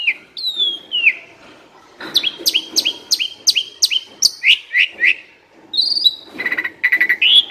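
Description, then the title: Asian pied starling song with a long run of sharp, downward-sweeping whistles, then a short pause and harsh buzzy chatter. Training song (masteran) meant to make birds that sing too little and seem listless sing more. "Masteran Jalak Suren Atasi Burung KURANG GACOR Dan LOYO"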